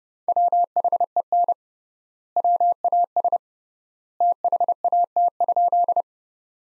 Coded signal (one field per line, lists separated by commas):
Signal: Morse code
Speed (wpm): 32 wpm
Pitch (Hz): 700 Hz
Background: none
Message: WHEN WAS THAT?